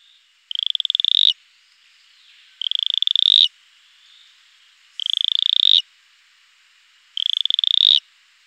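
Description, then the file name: Cayenne stubfoot toad giving four rapid, rattling pulse trains, each under a second and swelling toward the end, repeated about every two seconds over soft background hiss. "Atelopus franciscus"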